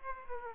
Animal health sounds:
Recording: mosquito wingbeat signal from an infrared sensor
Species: Aedes aegypti

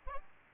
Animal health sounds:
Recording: mosquito wingbeat signal from an infrared sensor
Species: Aedes albopictus

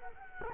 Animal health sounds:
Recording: mosquito wingbeat signal from an infrared sensor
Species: Culex quinquefasciatus

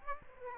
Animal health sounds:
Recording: mosquito wingbeat signal from an infrared sensor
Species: Aedes aegypti

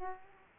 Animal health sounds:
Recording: mosquito wingbeat signal from an infrared sensor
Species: Aedes aegypti

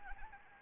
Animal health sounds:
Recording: mosquito wingbeat signal from an infrared sensor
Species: Anopheles arabiensis

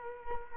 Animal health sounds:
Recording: mosquito wingbeat signal from an infrared sensor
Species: Culex quinquefasciatus

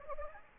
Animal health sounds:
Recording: mosquito wingbeat signal from an infrared sensor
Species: Anopheles gambiae

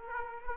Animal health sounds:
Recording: mosquito wingbeat signal from an infrared sensor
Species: Aedes aegypti

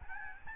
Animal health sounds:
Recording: mosquito wingbeat signal from an infrared sensor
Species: Aedes albopictus

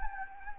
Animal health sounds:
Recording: mosquito wingbeat signal from an infrared sensor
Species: Anopheles gambiae

